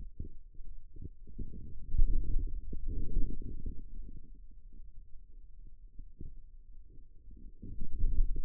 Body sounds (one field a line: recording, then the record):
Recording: forearm muscle sounds (acoustic myography)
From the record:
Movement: pen grasping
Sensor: system 2, bracelet of six BSWA MPA416 microphones around the upper forearm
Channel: 6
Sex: male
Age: 22 years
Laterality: right